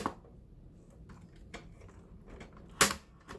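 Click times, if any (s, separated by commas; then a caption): none. A graphics card is pushed down into the PCIe slot of a Dell XPS 8930 motherboard, where the front latch should click. Only a few short knocks and scrapes are heard, the sharpest near 2.8 s, with fainter ones around 0.1, 1.5 and 3.3 s. The card has not clicked into place yet.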